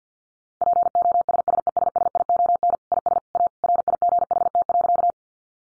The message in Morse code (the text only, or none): POSSESSION IS A RIGHT.